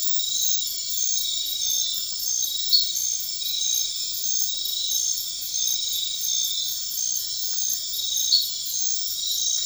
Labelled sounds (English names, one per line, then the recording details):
none
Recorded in dense forest near Puerto Asís, Putumayo, Colombia, on 4 March 2025 at 00:00
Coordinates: 0.500, -76.322
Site GP06